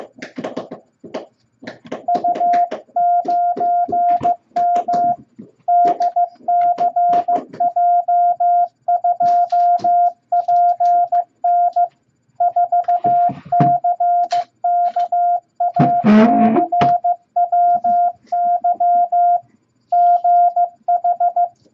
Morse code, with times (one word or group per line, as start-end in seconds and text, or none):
2.1-5.1 U9M
5.7-11.9 DCJ2PN
12.4-19.4 4CKACWY
19.9-21.5 GH